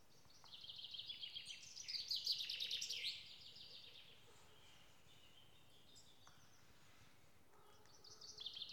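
Bird song, rapid chattering and trilled phrases from about half a second to three seconds, then quiet, then another short burst of song at the end.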